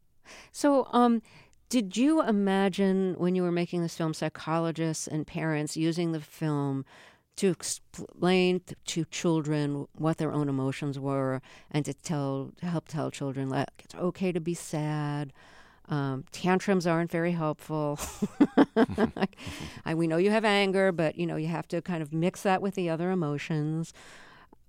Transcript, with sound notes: So did you imagine, when you were making this film, psychologists and parents using the film to explain to children what their own emotions were and to tell - to help tell children, like, it's OK to be sad. Tantrums aren't very helpful (laughter). We know you have anger, but, you know, you have to kind of mix that with the other emotions.